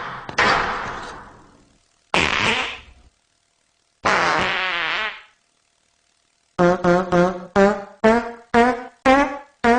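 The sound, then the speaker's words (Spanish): Cartoon fart sounds from a Family Guy (Padre de Familia) clip with Peter Griffin: three long, sputtering blasts with pauses between, then a quick rhythmic string of about seven short, buzzy toots, loud and with no talking. “Pues allí iré, porque los retos no me asustan, como aquella vez que gané a Michael Moore a pedos.”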